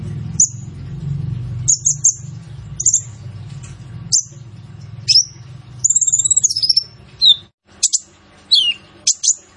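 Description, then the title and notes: Purple-throated sunbird song: high, thin chirps and short whistled phrases near the top of the range, with a rapid trilled burst midway, over a low hum early on. Training recording (masteran) for songbirds, full of fill phrases (isian) and bursts (tembakan), meant to draw out song from other birds; described as an actively singing bird (gacor). "MASTERAN KOLIBRI NINJA FULL ISIAN DAN TEMBAKAN COCOK BUAT PANCINGAN. Suara Burung Kolibri Ninja Gacor"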